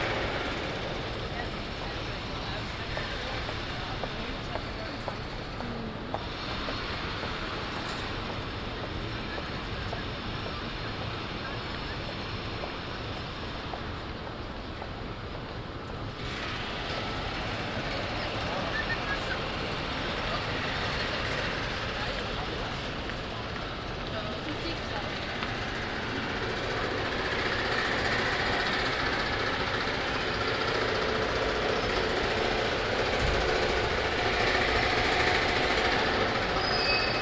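Construction work and traffic fill a busy street, a dense, steady rumble of engines and machinery with a constant low drone. Voices surface now and then, and the noise swells slightly louder after about twenty-five seconds, with a few sharp clicks and knocks scattered throughout.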